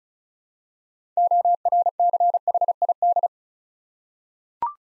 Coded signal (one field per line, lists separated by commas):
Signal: Morse code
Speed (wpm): 36 wpm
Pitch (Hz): 700 Hz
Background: none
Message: ORCHID